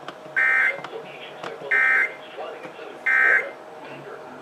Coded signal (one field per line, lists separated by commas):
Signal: Emergency Alert System (SAME) tones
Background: speech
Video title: July 2017 EAS Compilation